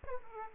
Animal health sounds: mosquito wingbeat signal from an infrared sensor; Aedes aegypti

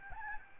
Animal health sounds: mosquito wingbeat signal from an infrared sensor; Aedes albopictus

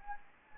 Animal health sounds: mosquito wingbeat signal from an infrared sensor; Anopheles gambiae

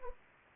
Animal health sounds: mosquito wingbeat signal from an infrared sensor; Anopheles arabiensis

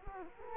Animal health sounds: mosquito wingbeat signal from an infrared sensor; Culex quinquefasciatus

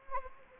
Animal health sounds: mosquito wingbeat signal from an infrared sensor; Anopheles gambiae

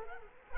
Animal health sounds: mosquito wingbeat signal from an infrared sensor; Culex quinquefasciatus

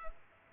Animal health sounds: mosquito wingbeat signal from an infrared sensor; Culex pipiens

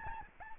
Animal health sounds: mosquito wingbeat signal from an infrared sensor; Aedes albopictus

